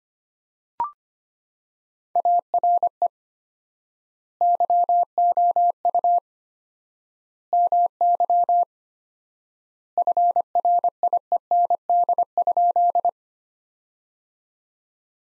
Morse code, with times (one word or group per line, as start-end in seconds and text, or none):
2.2-3.1 ARE
4.4-6.2 YOU
7.5-8.6 MY
10.0-13.1 FRIEND?